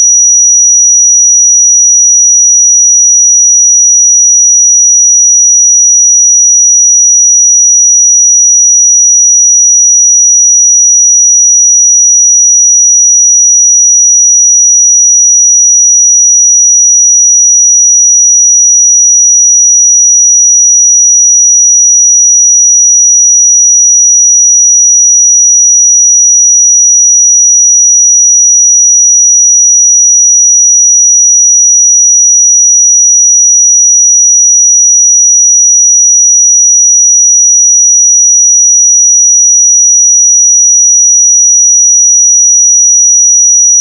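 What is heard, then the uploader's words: A pure sine tone at 5820 Hz holds perfectly steady for the whole 44 seconds. The single high, piercing pitch never wavers in pitch or loudness, with no other sounds around it. 5820 Hz 1 Hz Interval Sine Pure Tone Frequency 441000 Sample Mono.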